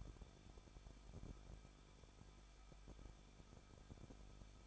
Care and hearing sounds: daily activity, microphone in the room; no activity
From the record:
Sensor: 5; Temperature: 20.8 degrees Celsius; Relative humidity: 38.3%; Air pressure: 1006.6 hPa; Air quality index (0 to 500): 186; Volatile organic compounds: 18 ppm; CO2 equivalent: 2602 ppm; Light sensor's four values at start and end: 2/3/1/1 and 2/3/1/1

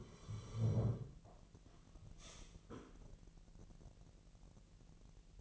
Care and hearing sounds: daily activity, microphone in the room; sit down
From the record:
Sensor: 4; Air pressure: 1002.7 hPa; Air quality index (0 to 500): 250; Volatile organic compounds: 34 ppm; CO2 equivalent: 3037 ppm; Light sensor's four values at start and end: 11/24/10/10 and 11/24/10/10

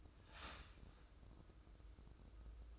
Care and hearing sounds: daily activity, microphone in the room; start toaster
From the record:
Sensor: 2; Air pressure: 995.0 hPa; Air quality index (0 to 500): 59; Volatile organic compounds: 2 ppm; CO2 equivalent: 982 ppm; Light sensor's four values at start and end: 17/54/21/20 and 17/54/21/20

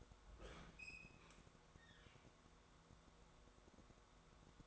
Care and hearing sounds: daily activity, microphone in the room; open fridge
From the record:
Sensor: 3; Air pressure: 1004.5 hPa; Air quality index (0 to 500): 191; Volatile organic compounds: 13 ppm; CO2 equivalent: 2397 ppm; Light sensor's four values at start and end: 5/13/5/5 and 5/13/5/5

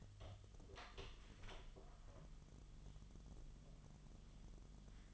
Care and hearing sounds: daily activity, microphone in the room; open door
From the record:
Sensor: 4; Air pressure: 1005.8 hPa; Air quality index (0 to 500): 70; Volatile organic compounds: 1 ppm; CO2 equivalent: 850 ppm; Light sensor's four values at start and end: 14/31/12/11 and 13/30/12/11

